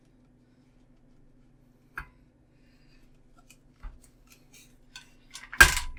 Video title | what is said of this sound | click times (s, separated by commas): How to Fix a Broken, Popping, Noisy Gaming Chair | you know it's Incas you hear it click and then it's hard to see I bring | 5.6 s